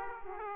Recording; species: mosquito wingbeat signal from an infrared sensor; Aedes aegypti